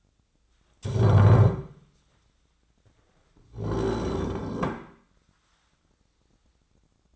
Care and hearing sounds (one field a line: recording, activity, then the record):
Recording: daily activity, microphone in the room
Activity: stand up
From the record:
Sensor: 3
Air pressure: 1009.2 hPa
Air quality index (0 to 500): 183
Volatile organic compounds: 3 ppm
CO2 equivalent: 1481 ppm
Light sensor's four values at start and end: 49/126/55/56 and 40/102/45/46